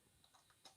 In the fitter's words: bunyi klik nah